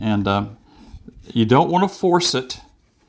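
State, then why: Not seated. A Raspberry Pi single-board computer board is flipped and pressed into the bottom of its plastic case, which fits only one way and should not be forced. Someone talks throughout while the board is handled. Nothing has seated or clicked yet.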